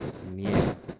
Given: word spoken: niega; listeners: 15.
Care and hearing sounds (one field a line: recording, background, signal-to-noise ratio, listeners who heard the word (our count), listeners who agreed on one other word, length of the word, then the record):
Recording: one Spanish word in noise, from a listening test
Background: noise modulated by one talker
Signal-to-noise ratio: -7.1 dB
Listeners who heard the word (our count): 0 of 15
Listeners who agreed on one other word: 14 of 15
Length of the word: 0.60 s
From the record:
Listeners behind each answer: 14, 1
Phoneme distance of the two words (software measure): 30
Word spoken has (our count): 2 syllables, 5 phonemes, stress on syllable 1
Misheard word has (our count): 2 syllables, 5 phonemes, stress on syllable 1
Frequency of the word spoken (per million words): 23.64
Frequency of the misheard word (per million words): 118.30